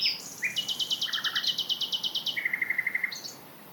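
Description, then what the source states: Common Nightingale song: a fast series of high repeated notes, then a steady lower trill and a brief high flourish. Two males singing at night about 150 metres away in scrubland at Knepp; the right bird copies the left's phrases for a few bars, then each sings its own jazz-style song.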